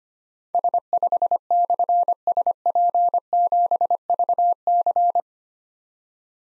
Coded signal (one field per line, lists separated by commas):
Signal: Morse code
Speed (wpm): 25 wpm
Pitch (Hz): 700 Hz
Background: none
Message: S5/SP7VC